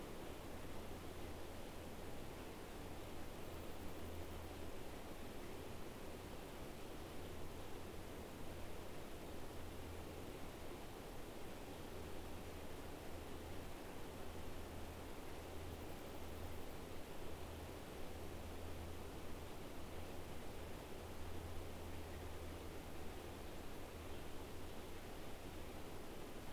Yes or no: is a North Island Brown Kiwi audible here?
no